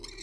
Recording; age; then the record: pig call; weaner (32 to 43 days)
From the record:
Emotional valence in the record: negative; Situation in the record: novel object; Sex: female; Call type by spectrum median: high-frequency call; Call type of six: high-frequency stable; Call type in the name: high-frequency stable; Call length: 0.23 s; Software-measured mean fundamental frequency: 459 Hz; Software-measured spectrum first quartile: 536 Hz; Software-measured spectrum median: 2742 Hz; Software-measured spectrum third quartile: 5207 Hz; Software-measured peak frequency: 358 Hz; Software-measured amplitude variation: 159 dB a second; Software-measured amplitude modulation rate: 21.5 a second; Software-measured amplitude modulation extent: 7.4 dB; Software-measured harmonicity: 5.2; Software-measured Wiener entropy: -2.46